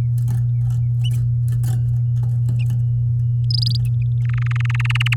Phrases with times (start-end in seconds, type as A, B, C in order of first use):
3.50-3.77 A, 4.25-5.14 B